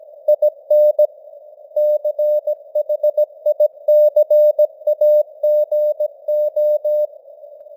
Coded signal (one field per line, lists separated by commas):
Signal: Morse code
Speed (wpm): 17 wpm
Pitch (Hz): 600 Hz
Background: none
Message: IN CHICAGO